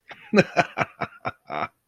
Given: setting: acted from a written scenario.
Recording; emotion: vocal sound without words; amusement